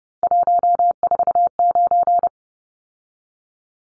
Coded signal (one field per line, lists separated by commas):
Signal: Morse code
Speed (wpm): 30 wpm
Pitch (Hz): 700 Hz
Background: none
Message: 149